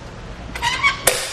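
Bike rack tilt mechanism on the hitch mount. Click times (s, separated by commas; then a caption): 1.1 s. A Yakima RidgeBack 2-bike hitch rack on a 2017 Ford Fusion, tilted away with no bikes installed, is pushed back upright on its hitch mount. A rising scrape is heard from about 0.6 s, and then the rack's metal tilt mechanism latches with a sharp click at 1.1 s, locking the rack upright.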